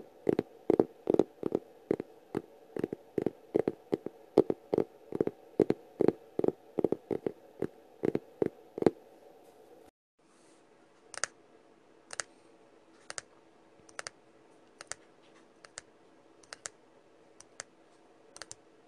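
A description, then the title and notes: Fingertip tapping on a hard surface, crisp, in fast regular bursts for the first nine seconds over a low steady hum. After a short break near ten seconds, lighter, sparser taps continue at a slower, uneven pace against a quieter background. Tapping ASMR sounds.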